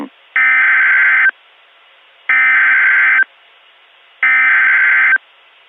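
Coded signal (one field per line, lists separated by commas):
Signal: Emergency Alert System (SAME) tones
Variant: header bursts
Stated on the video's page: Valid EAS tones in a fictional EAS scenario about severe winter weather across the United States.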